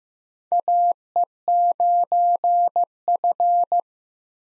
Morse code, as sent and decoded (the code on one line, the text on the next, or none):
.- . ----. ..-.
AE9F